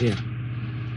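A plastic model ship part from a 1:200 scale RMS Titanic kit is handled at its mounting on the deck structure while someone talks over a steady low hum. Nothing has seated or clicked yet.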